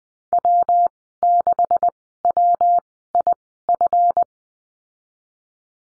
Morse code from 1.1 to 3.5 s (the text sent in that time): 6 W I